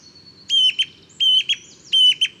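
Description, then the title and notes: Song thrush singing a phrase of clear whistled notes with a short trailing note, repeated three times at roughly 0.7-second intervals. Male singing at dawn, inventive and varied song, 12 February 2019, Bois de Château Serein; recorded with Nagra Seven and Telinga Pro7. "Première mélodie de printemps. 12 février 2019-Bois de chateau serein. Grive musicienne (Turdus philomelos). Troglodyte mignon (Troglodytes troglodytes)"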